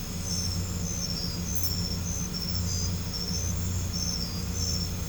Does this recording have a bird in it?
no